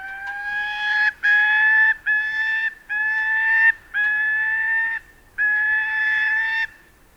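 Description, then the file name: Gyrfalcon calls: several drawn-out, nasal notes of steady pitch, separated by short pauses. "Jaktfalk"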